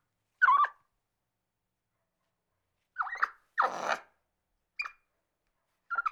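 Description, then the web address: Capuchin monkey uttering scattered squeaky chirps and one longer harsh screech, separated by gaps of silence. Capuchin monkey, angry. "monkey capuchin mad"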